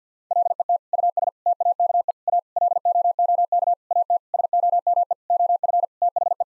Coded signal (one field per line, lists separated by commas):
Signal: Morse code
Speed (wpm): 50 wpm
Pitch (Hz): 700 Hz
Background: none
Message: LET US TAKE A LOOK AT SOME OF THE